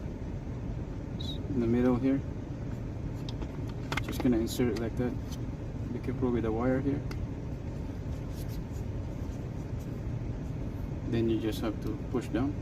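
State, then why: Not seated. Someone talks while fitting an ignition key lock cylinder into the steering column lock housing of a Volkswagen Rabbit, lining it up in the housing and working carefully around the wire before it is pushed down to click. Only soft handling noises are heard over a steady low hum. Nothing has seated or clicked yet.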